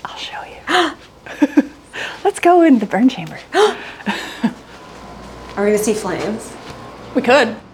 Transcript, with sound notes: I'll show you. Let's go in the burn chamber. [gasps]
Are we gonna see flames?
We could.